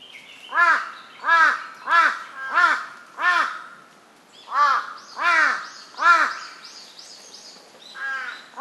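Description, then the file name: Large-billed crow giving a rhythmic run of throaty caws, roughly one every half to one second. "hasibutogarasu"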